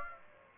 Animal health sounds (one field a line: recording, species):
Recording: mosquito wingbeat signal from an infrared sensor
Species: Aedes aegypti